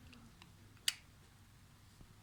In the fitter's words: koyunca direkt mıknatıslardan tık diye otur yerine çok rahatlıkla